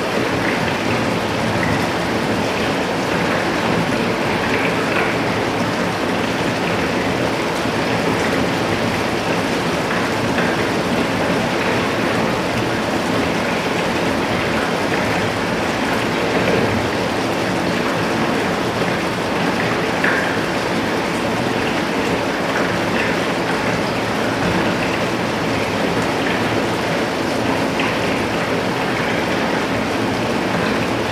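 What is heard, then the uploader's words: Steady rain patters densely on a balcony for the whole stretch, over a low, constant hum of city traffic with faint brief chirps. White Noise of City Rain. Rain on a balcony in the City. Listen to the relaxing ambience of rain on balcony in a cityscape.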